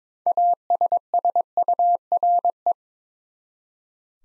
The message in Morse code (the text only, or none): ASSURE